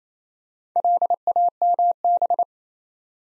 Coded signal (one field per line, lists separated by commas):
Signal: Morse code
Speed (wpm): 29 wpm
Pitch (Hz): 700 Hz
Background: none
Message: LAMB